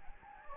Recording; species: mosquito wingbeat signal from an infrared sensor; Anopheles gambiae